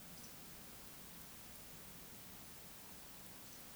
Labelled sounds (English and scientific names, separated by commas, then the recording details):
Eurasian Woodcock (Scolopax rusticola) whistle
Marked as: whistle, whistle
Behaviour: display flight
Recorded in Baden-Württemberg, Germany, on 2 June 2020 at 20:20 UTC
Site 46190, 1214 m above sea level